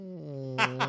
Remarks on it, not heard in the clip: My belly saying hi. Yeah, it's just my stomach. It sounds like one of the Triceratops from Jurassic Park coming around. Sounds like a gate opening.